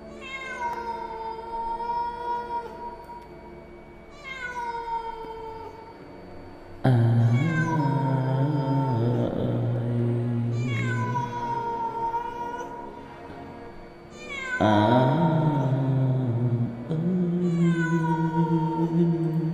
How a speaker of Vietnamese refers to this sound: Đâu đó tiếng mèo kêu, tiếng em bé khóc trong đêm, nghe cứ não nề vô cùng. Thỉnh thoảng người ta còn nghe cả tiếng người ru con, tiếng di dỉ khóc ai oán trong cái tiếng con mèo kêu lên thảm thiết.